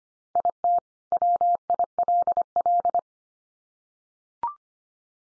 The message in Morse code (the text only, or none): IT WILL